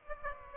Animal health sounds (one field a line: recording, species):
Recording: mosquito wingbeat signal from an infrared sensor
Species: Aedes aegypti